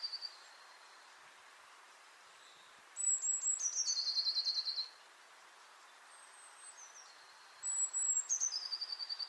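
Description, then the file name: Eurasian blue tit singing: sharp high notes falling into a rapid silvery trill, repeated twice with a long quiet gap between phrases. "Cyanistes caeruleus"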